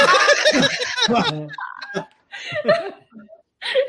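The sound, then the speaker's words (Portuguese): A voice imitates the swishing rub of jeans during dancing, making choppy bursts of breathy, squeaky vocal noise broken by short pauses, partly sounding like hiccuping laughter. “Que tem a voz do barulho da calça jeans do cantor … quando ele dança”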